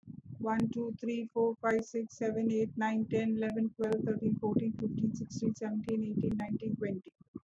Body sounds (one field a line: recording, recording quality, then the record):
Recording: counting at a normal pace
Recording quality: excellent, no background noise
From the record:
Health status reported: respiratory illness, not identified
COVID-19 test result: not tested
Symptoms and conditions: asthma, hypertension, diabetes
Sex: female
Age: 56 years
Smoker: not ticked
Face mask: not worn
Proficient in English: yes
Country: India